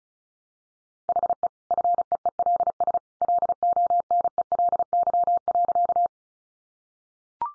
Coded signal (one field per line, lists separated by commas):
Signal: Morse code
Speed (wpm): 34 wpm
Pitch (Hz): 700 Hz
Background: none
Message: HE FEELS LONELY.